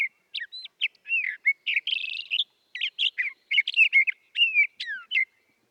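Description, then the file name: Sage thrasher song, a rambling series of clear slurred whistles, downward sweeps and buzzy bursts strung together rapidly, with brief gaps between phrases. "Sage Thrasher Oreoscoptes montanus"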